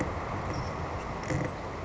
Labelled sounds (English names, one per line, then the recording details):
Savannah Sparrow
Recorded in Sonoma County, California